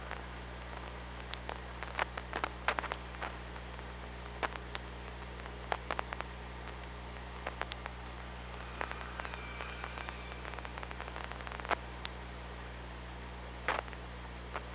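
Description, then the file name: Killer whale clicks in dense, uneven runs, joined midway by faint wavering whistles, all over persistent low hum and hiss. Recorded by hydrophone at OrcaLab on 24 August 2017, around 06:20. "Orca Lab UTLN JASON 20170824 062029"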